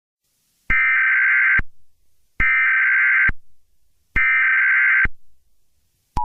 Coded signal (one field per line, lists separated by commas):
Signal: Emergency Alert System (SAME) tones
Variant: header bursts